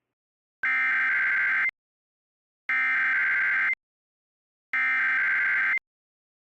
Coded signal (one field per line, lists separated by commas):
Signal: Emergency Alert System (SAME) tones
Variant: header bursts